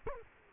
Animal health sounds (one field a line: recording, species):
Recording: mosquito wingbeat signal from an infrared sensor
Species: Culex quinquefasciatus